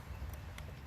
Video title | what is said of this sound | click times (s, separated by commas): Jeep Compass 2.4L Spark Plug & Ignition Coil Replacement Change DIY 2018 and Others Similar | You can hear it snap. | 0.6 s